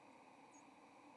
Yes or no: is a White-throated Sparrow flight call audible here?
no